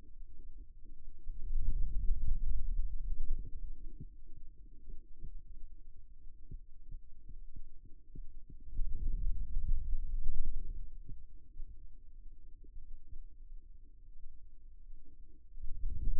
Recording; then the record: forearm muscle sounds (acoustic myography)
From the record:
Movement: ulnar deviation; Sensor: system 2, bracelet of six BSWA MPA416 microphones around the upper forearm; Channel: 2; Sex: male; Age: 22 years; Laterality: right